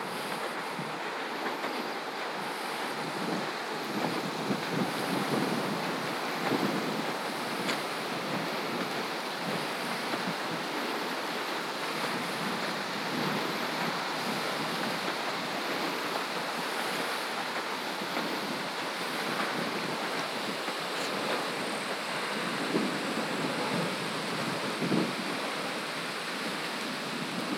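Michigan beach sounds: a steady, dense wash of surf with a constant hiss, small splashes and brief crackles scattered throughout.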